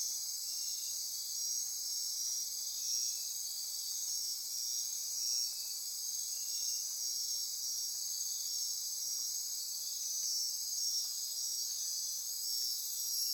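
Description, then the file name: Insects in a dense high trilling chorus, with brief lower chirps repeating in the first half over the steady shrill wall of sound. Insect chorus recorded at midnight near Corcovado. "Wind-is-the-Original-Radio-Fridays Andy-Martin Midnight-Insect-Chorus-Near-Corcovado"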